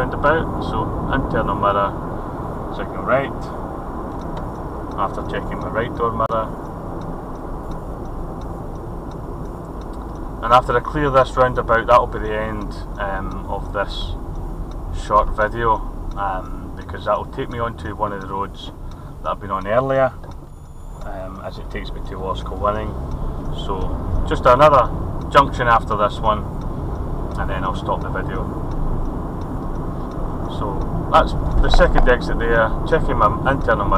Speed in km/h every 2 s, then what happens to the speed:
60, 58, 52, 47, 42, 37, 32, 29, 23, 15, 18, 23, 35, 39, 42, 44, 47.
0-18 slows to 15. 18-31 speeds up to 47.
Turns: none.